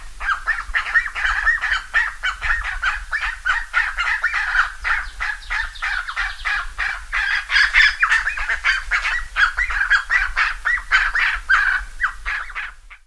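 Bird calls, many birds honking and cackling in quick overlapping bursts throughout, with a low rumble beneath.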